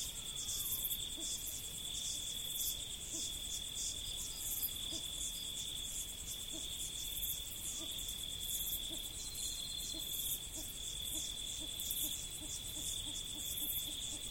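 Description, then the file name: Insects chirping in a high, pulsing chorus with evenly spaced bursts over a steady thin whine throughout. Recorded in the prairie. "jackals and insectsin the praires"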